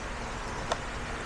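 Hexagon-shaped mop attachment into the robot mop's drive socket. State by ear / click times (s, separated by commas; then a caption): not seated / none. A hexagon-shaped mop attachment is handled at the drive socket of a Samsung Jetbot Mop robot mop against a steady background hiss, with one brief sharp handling tick at about 0.7 s. The part has not yet gone home, and nothing has seated or clicked.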